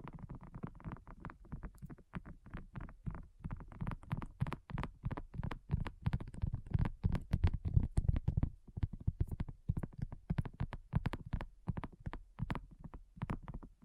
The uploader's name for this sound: ASMR Addictive Tapping